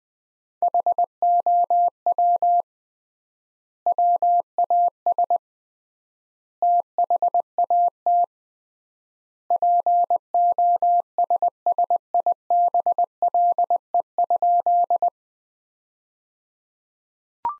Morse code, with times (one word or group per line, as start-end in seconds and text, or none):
0.6-2.6 HOW
3.9-5.4 WAS
6.6-8.2 THAT
9.5-15.1 POSSIBLE?